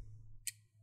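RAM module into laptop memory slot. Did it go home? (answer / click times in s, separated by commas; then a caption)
yes / 0.5 s. A laptop RAM stick, inserted at an angle into the memory slot of an HP 14 cm laptop, is pushed down toward the motherboard until its retaining clips click. A single sharp, bright click sounds at 0.5 s over a steady low hum. The module is seated in its slot.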